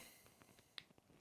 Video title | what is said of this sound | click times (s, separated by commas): Tactacam™ Solo Xtreme Camera - Getting Started | towards the lock icon now your Cap's locked on and you're ready to go | 0.8 s